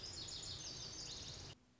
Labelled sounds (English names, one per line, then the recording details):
Lazuli Bunting
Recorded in Sonoma County, California